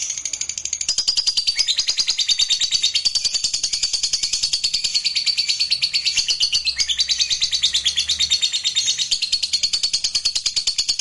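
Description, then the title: Lovebird song: a long, unbroken, high chattering trill of very fast buzzy pulses that holds steady throughout. "Suara Lovebird"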